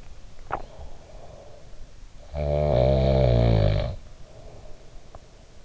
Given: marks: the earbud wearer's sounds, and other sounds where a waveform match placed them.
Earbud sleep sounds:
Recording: sounds in sleep by an in-ear microphone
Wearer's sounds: teeth grinding, breath, snoring breath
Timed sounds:
0.39-0.68 s: teeth grinding
0.39-1.88 s: breath
2.17-5.55 s: snoring breath

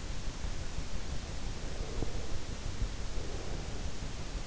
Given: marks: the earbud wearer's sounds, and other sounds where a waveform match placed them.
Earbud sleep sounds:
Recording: sounds in sleep by an in-ear microphone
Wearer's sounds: breath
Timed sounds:
1.55-3.66 s: breath

